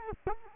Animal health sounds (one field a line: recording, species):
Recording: mosquito wingbeat signal from an infrared sensor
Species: Culex quinquefasciatus